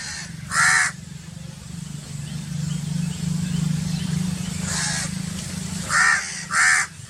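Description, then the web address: Myna loud, rasping squawks, one early and three later, over a constant low droning hum. "animal-sound myna-sound"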